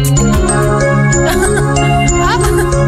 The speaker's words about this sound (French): Ah, la cloche sonne.